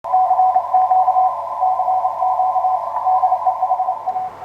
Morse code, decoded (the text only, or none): CQ CQ DE HA